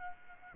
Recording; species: mosquito wingbeat signal from an infrared sensor; Aedes aegypti